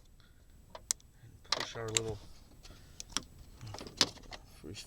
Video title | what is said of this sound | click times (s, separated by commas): Replacing Blower Motor Resistor Board | right back in till everything clicks into place and push | 0.9 s, 1.5 s